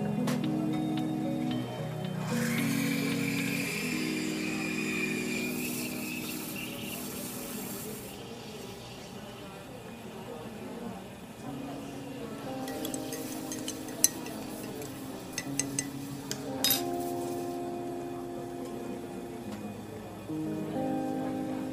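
Coffee shop ambience with a steady murmur of voices and a low hum throughout. A hissing rush, like a milk steamer, runs from about two to eight seconds, and scattered clinks of dishes and cups pop up around twelve to seventeen seconds.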